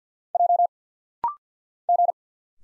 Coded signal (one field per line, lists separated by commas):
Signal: Morse code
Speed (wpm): 48 wpm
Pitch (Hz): 700 Hz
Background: none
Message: J G